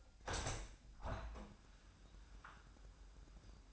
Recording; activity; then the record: daily activity, microphone in the room; open window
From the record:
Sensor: 2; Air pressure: 998.4 hPa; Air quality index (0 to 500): 136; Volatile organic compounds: 4 ppm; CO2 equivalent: 1549 ppm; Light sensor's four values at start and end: 7/16/7/7 and 7/16/7/7